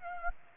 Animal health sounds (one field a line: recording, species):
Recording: mosquito wingbeat signal from an infrared sensor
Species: Aedes aegypti